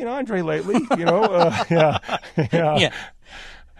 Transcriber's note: soundbite of laughter